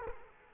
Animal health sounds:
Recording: mosquito wingbeat signal from an infrared sensor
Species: Culex quinquefasciatus

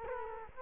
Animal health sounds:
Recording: mosquito wingbeat signal from an infrared sensor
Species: Culex quinquefasciatus

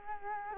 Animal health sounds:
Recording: mosquito wingbeat signal from an infrared sensor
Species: Culex quinquefasciatus

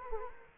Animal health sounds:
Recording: mosquito wingbeat signal from an infrared sensor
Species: Anopheles gambiae

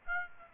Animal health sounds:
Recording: mosquito wingbeat signal from an infrared sensor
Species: Aedes aegypti

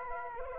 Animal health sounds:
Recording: mosquito wingbeat signal from an infrared sensor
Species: Anopheles arabiensis

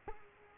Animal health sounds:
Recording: mosquito wingbeat signal from an infrared sensor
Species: Culex quinquefasciatus

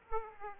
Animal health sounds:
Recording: mosquito wingbeat signal from an infrared sensor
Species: Aedes aegypti

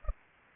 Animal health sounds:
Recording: mosquito wingbeat signal from an infrared sensor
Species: Anopheles arabiensis

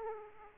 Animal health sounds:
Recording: mosquito wingbeat signal from an infrared sensor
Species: Aedes aegypti

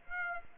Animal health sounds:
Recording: mosquito wingbeat signal from an infrared sensor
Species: Aedes aegypti

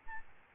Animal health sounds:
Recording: mosquito wingbeat signal from an infrared sensor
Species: Aedes albopictus

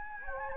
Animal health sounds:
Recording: mosquito wingbeat signal from an infrared sensor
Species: Anopheles gambiae

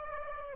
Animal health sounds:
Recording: mosquito wingbeat signal from an infrared sensor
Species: Aedes aegypti

